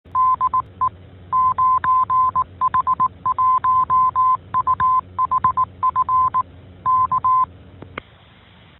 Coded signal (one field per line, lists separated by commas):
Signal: Morse code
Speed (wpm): 18 wpm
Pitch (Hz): 1030 Hz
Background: none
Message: DE 9H1UHF K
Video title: 09. 9H-HAM GlobalNet - Main topic - HT Programming [03 Jun 2021]